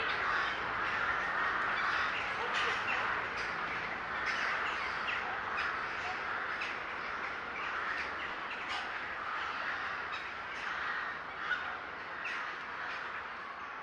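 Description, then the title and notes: Bird flock clamour: overlapping rough caws and squawks build a constant wall of sound, louder at the start and easing slightly later. Gathering of birds recorded in S. Staszic Park, Łódź. "Ptaki W Parku Im. S. Staszica W Łodzi. Nagranie wykonane z parku im. S. Staszica w Łodzi. Zgromadzenie ptaków"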